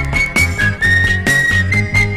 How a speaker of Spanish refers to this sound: Con el silbidito no tendré necesidad de tocar timbre para verte.